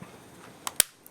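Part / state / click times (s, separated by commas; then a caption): plastic phone case half onto smartphone / seated / 0.8 s. The second half of a two-piece plastic iPhone 4 case is pushed over the top of an iPhone 4s and snaps onto the first half. A smaller sharp tick comes at 0.7 s, then the loud, bright snap at 0.8 s, followed by a faint tick near 1.1 s. The case half seats at 0.8 s and fits perfectly fine.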